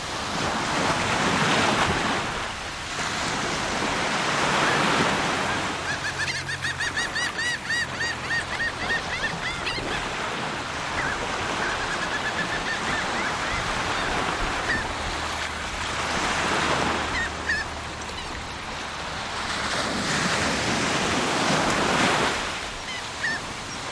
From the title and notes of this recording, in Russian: Тропа рыбака в Португалии. Волны побережья. Запись сделана во время многодневного похода по тропе рыбака.